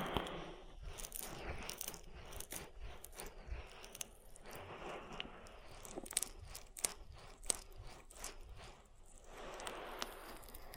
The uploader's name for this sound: ASMR Oil Ear Massage